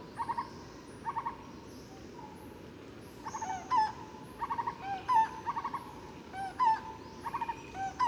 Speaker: Là, on entend deux espèces de barbus.